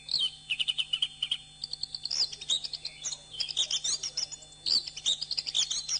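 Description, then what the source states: Bird singing a fast, dense run of sharp chirps and twittering high notes, nearly nonstop, with a constant low hum beneath. Masteran birdsong training recording.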